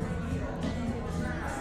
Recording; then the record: background sound without coughing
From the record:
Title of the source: 60 minutes of coffee shop sounds for study and concentration